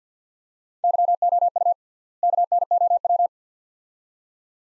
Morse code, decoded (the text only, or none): YOU KNOW